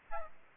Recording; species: mosquito wingbeat signal from an infrared sensor; Aedes albopictus